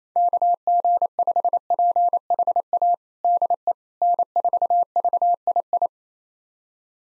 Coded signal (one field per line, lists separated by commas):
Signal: Morse code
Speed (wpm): 27 wpm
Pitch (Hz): 700 Hz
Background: none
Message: KG5PHA DE N4VII